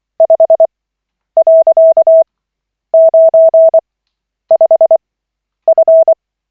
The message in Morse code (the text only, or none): 5.95F